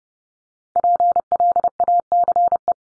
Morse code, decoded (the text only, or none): PLACE